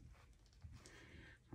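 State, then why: Not seated. The plastic head of a GI Joe Classified Amazon Exclusive Kamakura action figure is pushed onto its neck peg, with low handling rumble, faint rustling and a couple of small taps. The head fails to snap on, and nothing has clicked into place yet.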